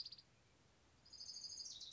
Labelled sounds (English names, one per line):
Orange-crowned Warbler